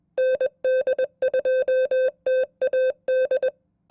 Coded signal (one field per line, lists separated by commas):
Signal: Morse code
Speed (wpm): 21 wpm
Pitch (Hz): 520 Hz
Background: none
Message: ND2TAD